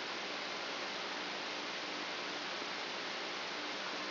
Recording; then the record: brain microelectrode recording played as sound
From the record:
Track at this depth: outside the subthalamic nucleus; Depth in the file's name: 8.428 mm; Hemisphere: left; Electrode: 2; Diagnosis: Parkinson's disease